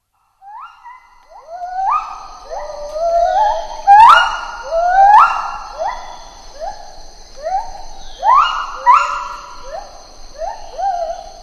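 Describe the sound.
Lar gibbon calling: a run of sharply rising hoots that level off into sustained notes, overlapping, over a steady high-pitched drone in the background.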